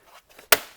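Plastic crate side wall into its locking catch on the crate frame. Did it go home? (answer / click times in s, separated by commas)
yes / 0.5 s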